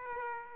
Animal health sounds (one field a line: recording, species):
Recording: mosquito wingbeat signal from an infrared sensor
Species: Aedes aegypti